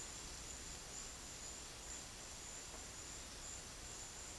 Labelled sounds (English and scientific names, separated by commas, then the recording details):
none
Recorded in secondary vegetation near Puerto Asís, Putumayo, Colombia, on 4 March 2025 at 13:00
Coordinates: 0.500, -76.326
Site GP04